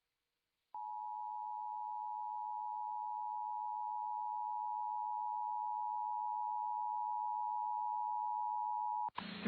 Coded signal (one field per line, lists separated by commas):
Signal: Emergency Alert System (SAME) tones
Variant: 853 and 960 Hz attention tone